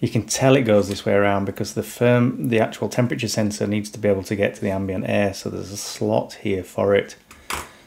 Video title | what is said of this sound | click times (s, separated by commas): Custom firmware on cheap Xiaomi Thermometer, Bluetooth to Zigbee (2025) #homeassistant #xiaomi | So, you just push that back into place and push down until it clicks like that. | 7.5 s